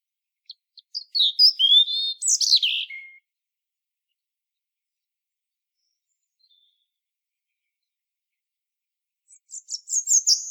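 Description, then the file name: European robin delivering one high warbling phrase with sliding whistles and trills, then long silence before a second phrase of rapid high twitters begins at the end. "Erithacus rubecula"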